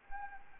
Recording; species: mosquito wingbeat signal from an infrared sensor; Anopheles arabiensis